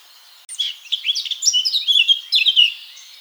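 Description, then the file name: Eurasian blackcap delivering a continuous bright warble of fast, varied chirps and slurred notes lasting just over two seconds. "Sylvia atricapilla"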